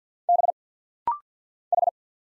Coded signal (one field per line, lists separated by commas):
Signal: Morse code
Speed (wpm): 50 wpm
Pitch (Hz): 700 Hz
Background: none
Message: B H